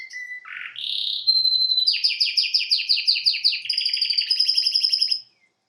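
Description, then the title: Domestic canary singing: a low note and a rising whistle lead into a long, rapidly repeated chopped trill that climbs slightly before stopping. Male Belgian canary singing a lot, used to warm up a young canary. "Canary Training Esquente Seu Filhote E Canario Belga Macho Cantando Muito"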